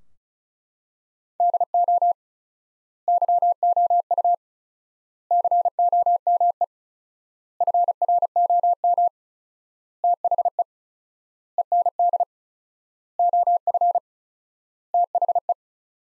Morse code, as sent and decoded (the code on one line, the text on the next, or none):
-.. --- / -.-- --- ..- / -.-. --- -- . / ..-. .-. --- -- / - .... . / . -. -.. / --- ..-. / - .... .
DO YOU COME FROM THE END OF THE